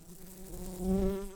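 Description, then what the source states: Brown-banded carder bee buzzing, a steady low hum with harmonics above, swelling louder in the second half. Workers.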